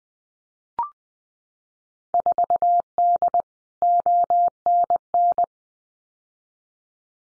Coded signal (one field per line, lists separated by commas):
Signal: Morse code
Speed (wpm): 20 wpm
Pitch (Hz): 700 Hz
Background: none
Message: 4D ONN